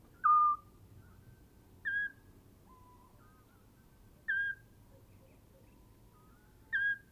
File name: Eurasian Scops Owl Hooting of female male then soliciting calls of female